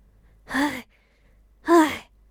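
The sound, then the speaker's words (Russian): Two heavy, excited breaths from a young woman watching the room in front of her, each a short voiced huff with a sighing, gasp-like edge, separated by about a second of near silence. “Тяжело дышала взволнованная девушка, концентрируя внимание на комнате перед ней.”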